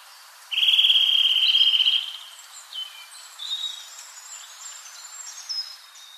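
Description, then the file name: Eurasian nuthatch producing a single steady rapid trill of under two seconds, followed by soft, high, scattered bird chirps. "Sitta europaea"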